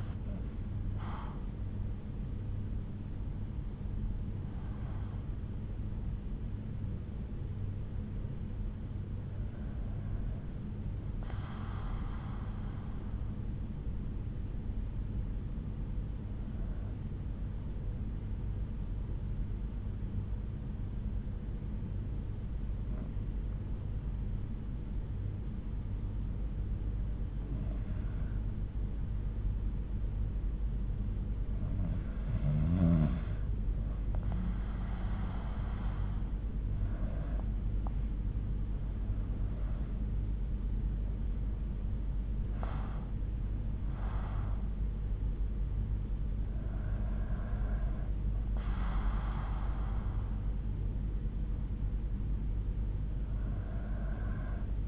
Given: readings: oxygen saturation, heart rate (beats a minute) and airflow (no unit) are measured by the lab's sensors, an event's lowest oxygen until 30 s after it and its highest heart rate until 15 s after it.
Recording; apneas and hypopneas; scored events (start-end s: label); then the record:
breathing in sleep by a smartphone at the bedside; 1
8.00-38.00 s: new sleep stage, N2 (light sleep)
14.00-34.50 s: hypopnea (N2, oxygen 96% highest, then 90% lowest, heart rate 60 at the start, 72 highest)
38.00-54.87 s: new sleep stage, N1 (lightest sleep)
From the record:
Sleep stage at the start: N1 (lightest sleep); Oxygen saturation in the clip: 90 to 96%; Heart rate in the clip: 58 to 72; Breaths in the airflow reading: 9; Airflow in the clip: -8.8 to 7.9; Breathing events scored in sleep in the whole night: 368 in 8.0 hours asleep